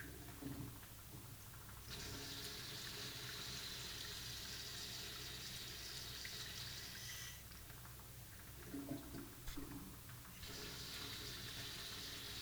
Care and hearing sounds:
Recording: daily activity, guitar pickup as the sensor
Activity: flush

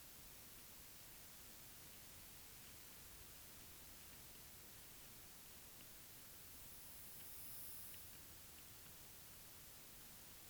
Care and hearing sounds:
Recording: daily activity, guitar pickup as the sensor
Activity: walk

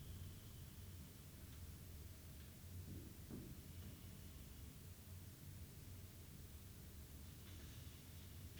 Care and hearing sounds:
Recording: daily activity, guitar pickup as the sensor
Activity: sit

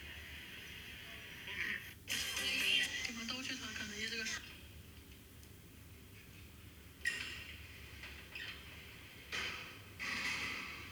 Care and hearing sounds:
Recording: daily activity, guitar pickup as the sensor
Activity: browse video

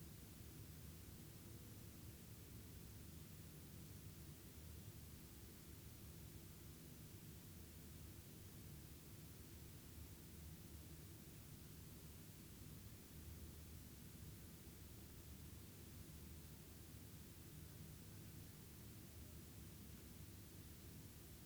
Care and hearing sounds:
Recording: daily activity, guitar pickup as the sensor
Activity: lie down

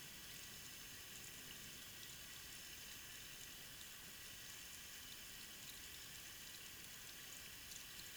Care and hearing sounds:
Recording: daily activity, guitar pickup as the sensor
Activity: wash hands

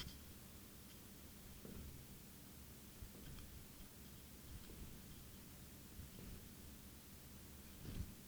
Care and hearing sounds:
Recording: daily activity, guitar pickup as the sensor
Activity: jump

